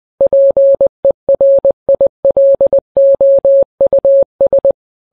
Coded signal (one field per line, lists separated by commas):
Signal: Morse code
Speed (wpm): 20 wpm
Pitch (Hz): 550 Hz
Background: none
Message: PERILOUS